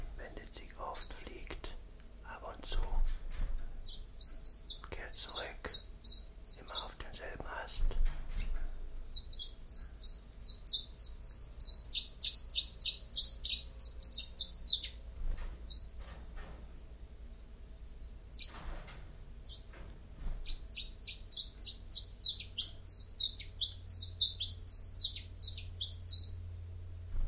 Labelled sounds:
Common Chiffchaff (Phylloscopus collybita) song
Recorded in captivity
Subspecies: collybita
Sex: male
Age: adult
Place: Zoologisches Institut Universität Tübingen, Baden-Württemberg, DE
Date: 1963-03-16
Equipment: LGS26
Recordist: Schneider, Hans-Joachim
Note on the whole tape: Rivalengesänge. MaAs: M.Sch

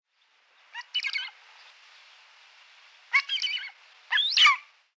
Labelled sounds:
Wedge-tailed Eagle (Aquila audax)
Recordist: Tembrock, Günter
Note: Lautfolgen

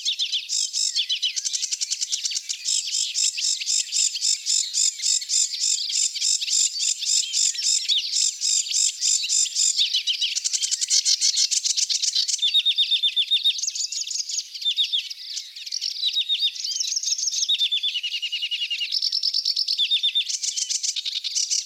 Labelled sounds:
Sedge Warbler (Acrocephalus schoenobaenus) song
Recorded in the wild
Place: Flögelner See, Schleswig-Holstein, DE
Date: 1982-05-30
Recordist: Schwarz, Dieter

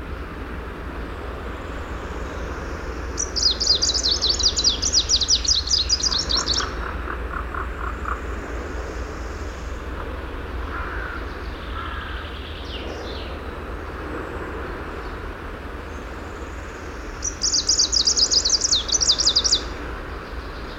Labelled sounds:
Greenish Warbler (Phylloscopus trochiloides) song
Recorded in the wild
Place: Lohme, Insel Rügen, Mecklenburg-Vorpommern, DE
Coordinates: 54.565, 13.615
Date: 1981-06-24 07:01
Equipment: Nagra III BH, Sennheiser MD 21, parabola
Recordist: Schubert, Michael

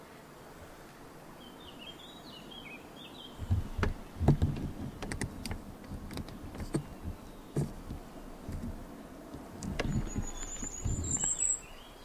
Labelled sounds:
Common Firecrest (Regulus ignicapilla)
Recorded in the wild
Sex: male
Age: adult
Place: Tiuccia, Corsica, FR
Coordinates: 42.0714, 8.73222
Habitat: macchia
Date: 2011-07-23
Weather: sunny, 15°C, weak winds
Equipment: Fostex FR2-LE, Sennheiser ME66, Popschutz
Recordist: Frommolt, Karl-Heinz

